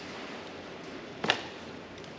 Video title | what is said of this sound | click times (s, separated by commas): Tour Pack LED Interior Light Install | And you notice there is it'll click in place. | 1.2 s, 1.3 s